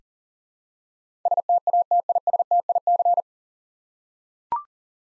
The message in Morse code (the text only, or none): STATISTIC